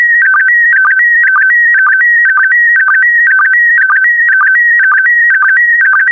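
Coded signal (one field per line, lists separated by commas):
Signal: SSTV (slow-scan television)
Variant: PD120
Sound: warbling electronic tone shifting between two pitches, with rhythmic low chirps twice a second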